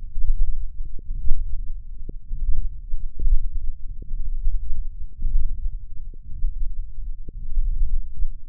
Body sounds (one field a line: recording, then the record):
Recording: forearm muscle sounds (acoustic myography)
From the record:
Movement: thumb flexion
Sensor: system 1, eight BSWA MPA416 microphones around the upper forearm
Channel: 8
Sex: male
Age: 21 years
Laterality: right